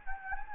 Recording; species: mosquito wingbeat signal from an infrared sensor; Anopheles gambiae